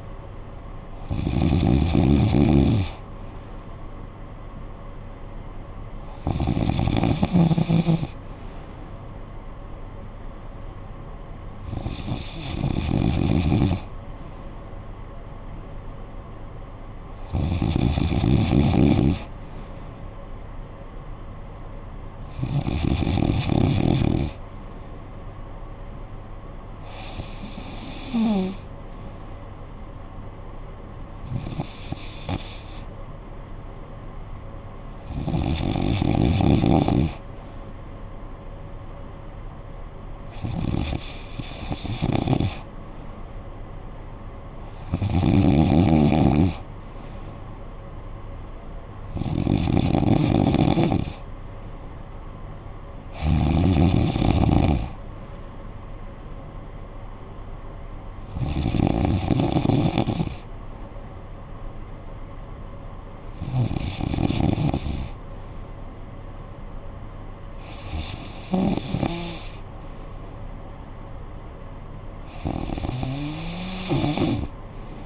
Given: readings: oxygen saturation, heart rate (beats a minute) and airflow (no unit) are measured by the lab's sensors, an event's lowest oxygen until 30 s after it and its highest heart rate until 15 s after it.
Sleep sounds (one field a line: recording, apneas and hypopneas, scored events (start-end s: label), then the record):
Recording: breathing in sleep by a smartphone at the bedside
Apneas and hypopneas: none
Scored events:
none scored
From the record:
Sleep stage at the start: N2 (light sleep)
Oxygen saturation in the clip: 94 to 95%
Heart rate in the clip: 52 to 64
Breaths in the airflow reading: 16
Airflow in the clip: -9.4 to 6.0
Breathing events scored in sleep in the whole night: 445 in 7.6 hours asleep